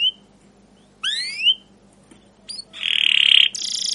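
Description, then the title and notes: Canary song with a short whistle, a rising slurred note, then a loud buzzy roll and a bright trill. Canary song with 'cuit cuit' calls and 'ngerol' rolling style, used as a lure and master for training young canaries to learn sounds. "CUIT CUIT NGEROL LANGSUNG GACOR PANJANG Kenari Ini Utk Pancingan KENAR. PANCINGAN Kenari GACOR PANJANG Cuit CUIT EMOSI ini utk MASTERAN Kenari PAUD belajar BUNYI. burung kenari"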